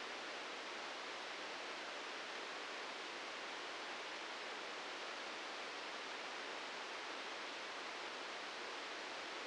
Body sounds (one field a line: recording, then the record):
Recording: brain microelectrode recording played as sound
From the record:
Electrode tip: outside the subthalamic nucleus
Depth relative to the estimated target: -4 mm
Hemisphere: right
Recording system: NeuroSet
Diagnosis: Parkinson's disease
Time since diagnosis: 15 years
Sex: male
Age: 65 years